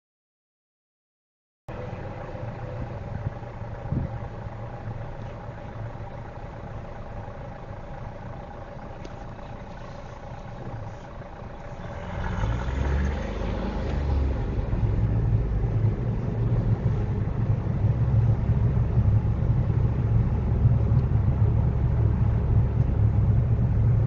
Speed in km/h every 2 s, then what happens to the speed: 0, 0, 0, 0, 0, 0, 2, 18, 21, 23, 23, 21.
0-12 standing. 12-17 pulls away to 23. 17-24 steady at about 23.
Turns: none.